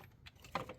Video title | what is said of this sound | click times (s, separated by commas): 2016 Acura MDX Starter- Motor Replacement - Step-by-Step DIY Guide | Ok , you heard the click . | 0.6 s